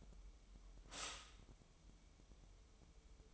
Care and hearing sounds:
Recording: daily activity, microphone in the room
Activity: stop toaster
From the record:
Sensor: 1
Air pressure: 988.6 hPa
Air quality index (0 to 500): 196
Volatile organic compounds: 929 ppm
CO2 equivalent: 5229 ppm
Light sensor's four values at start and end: 25/94/35/37 and 25/94/35/37

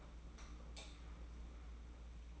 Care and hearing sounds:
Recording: daily activity, microphone in the room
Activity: light off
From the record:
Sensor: 1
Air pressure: 991.9 hPa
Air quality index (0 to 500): 213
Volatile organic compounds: 1000 ppm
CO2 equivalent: 8276 ppm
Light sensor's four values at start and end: 12/30/12/13 and 10/22/9/10

